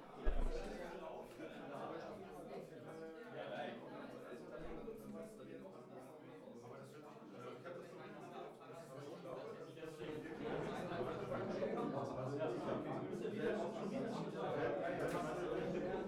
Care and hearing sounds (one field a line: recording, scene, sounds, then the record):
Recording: everyday scene through a hearing-aid microphone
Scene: many people talking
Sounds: many voices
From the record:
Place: bistro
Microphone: behind the ear, right, front